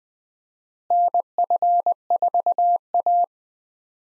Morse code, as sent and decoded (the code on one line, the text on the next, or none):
-. ..-. ....- .-
NF4A